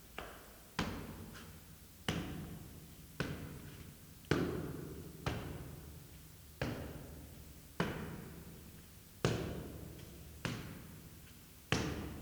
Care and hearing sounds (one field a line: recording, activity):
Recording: daily activity, guitar pickup as the sensor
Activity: go upstairs